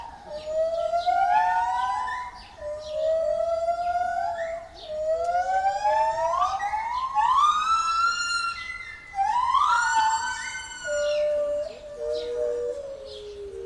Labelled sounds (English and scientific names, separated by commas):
Lar Gibbon (Hylobates lar)